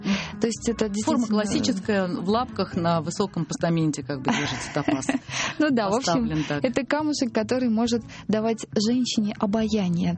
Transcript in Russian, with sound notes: То есть это, действительно...
Форма классическая: в лапках на высоком постаменте как бы держится показ. (смеется)
Ну да. Это камушек, который может давать женщине обаяние.